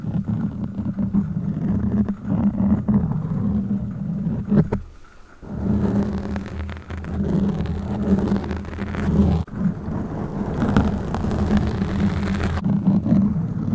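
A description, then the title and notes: Close, steady scratching and rubbing on a microphone fills the clip with a dense, low rumbling texture and rapid gritty strokes. The sound briefly drops out near five seconds and again around nine and a half, then resumes just as thick and brighter. Mic Scratching, Rubbing, Tapping.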